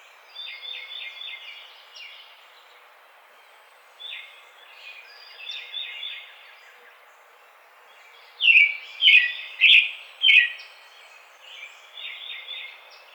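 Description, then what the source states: American robin caroling: soft, scratchy warbled phrases at first, then four loud, rich whistled notes in a row, followed by quieter phrases again. Recorded on 4 May 2009.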